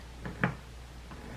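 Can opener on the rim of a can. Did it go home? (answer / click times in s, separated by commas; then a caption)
yes / 0.4 s. A handheld can opener is turned onto the rim of a can until it clicks into place and seats. A softer sound comes at 0.3 s, then a sharp click at 0.4 s over a low steady hum.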